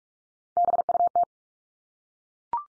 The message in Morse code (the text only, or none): BUT